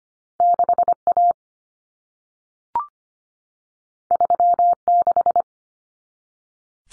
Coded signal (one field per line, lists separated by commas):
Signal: Morse code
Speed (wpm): 25 wpm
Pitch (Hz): 700 Hz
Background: none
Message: 6A 36